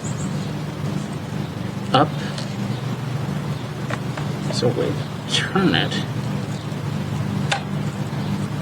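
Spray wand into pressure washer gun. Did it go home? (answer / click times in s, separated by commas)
yes / 7.5 s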